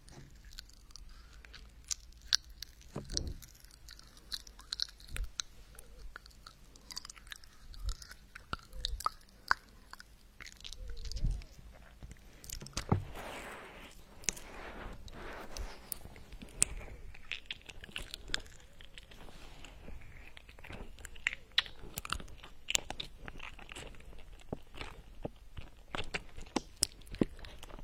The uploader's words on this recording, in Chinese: 跳跳糖在口腔要爆咯。